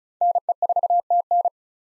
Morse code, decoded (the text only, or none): NE4TN